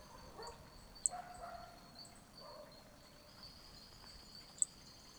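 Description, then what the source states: Hermogenes' toadlet giving single sharp, very high ticks a few seconds apart, with faint mid-pitched chirps from other animals and a constant insect drone. Specimen MHNCI 186, recorded at Picinguaba, Brazil.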